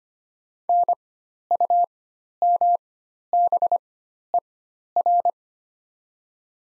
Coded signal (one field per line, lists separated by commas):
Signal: Morse code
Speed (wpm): 25 wpm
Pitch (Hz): 700 Hz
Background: none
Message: NUMBER